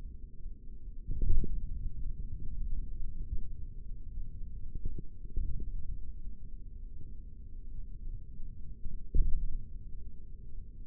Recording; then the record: forearm muscle sounds (acoustic myography)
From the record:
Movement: index flexion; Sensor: system 3, bracelet of six PUI Audio POM-2738L microphones around the upper forearm, with dedicated amplification and filtering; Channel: 6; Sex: male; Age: 56 years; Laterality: right